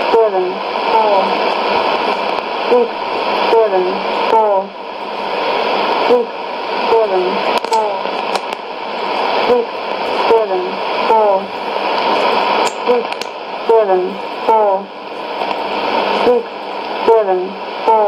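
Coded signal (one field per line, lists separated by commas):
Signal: numbers station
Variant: E17z English Lady, English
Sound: female voice reading short words at a steady pace over hissy shortwave static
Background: radio static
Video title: 27 07 2017 Numbers station E17z English Lady in English to Eu 0810 on 12850 unknown tx site in CUSB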